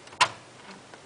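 A replacement hard disk drive in its plastic caddy is pushed down into the drive bay of a Dell Optiplex GX520 small form factor desktop and seats firmly with a sharp click at 0.2 s. A fainter tick follows at 0.9 s against quiet background.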